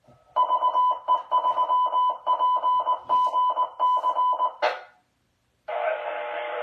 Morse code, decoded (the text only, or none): VE3PGC